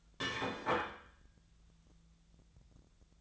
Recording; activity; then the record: daily activity, microphone in the room; place plate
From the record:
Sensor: 3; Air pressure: 1009.3 hPa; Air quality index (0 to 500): 198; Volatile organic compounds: 17 ppm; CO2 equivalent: 2571 ppm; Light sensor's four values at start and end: 34/84/36/38 and 34/85/36/39